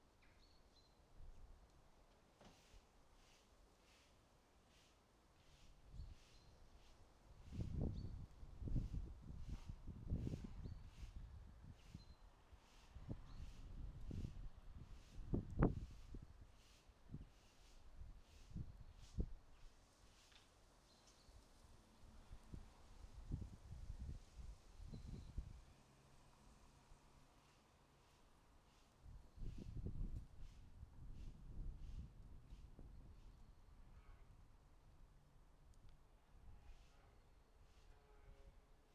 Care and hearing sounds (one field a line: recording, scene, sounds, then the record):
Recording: everyday scene through a hearing-aid microphone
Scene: wind on the microphone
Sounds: wind, other noises, traffic, birds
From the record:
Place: suburban garden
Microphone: in the ear canal, right